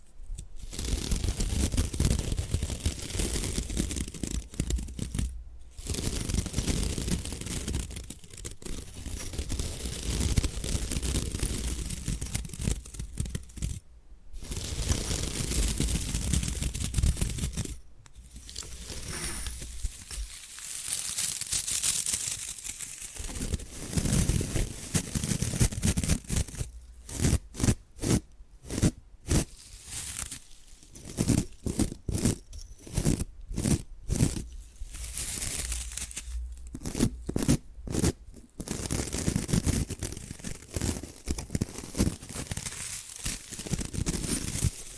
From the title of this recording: Bamboo Tapping, Scratching and Brushing Sounds